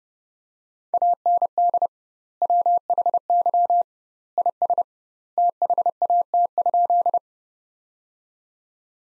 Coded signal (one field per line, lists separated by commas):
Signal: Morse code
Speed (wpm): 32 wpm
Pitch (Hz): 700 Hz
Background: none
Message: AND WHY IS THAT?